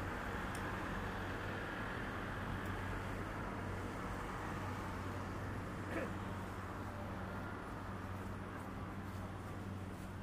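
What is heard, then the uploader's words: Akihabara in the daytime: a dense, steady wash of street noise with a constant low hum underneath. Traffic rumbles throughout, faint voices mix in, and a brief sharp click stands out around six seconds. Akihabara,daytime.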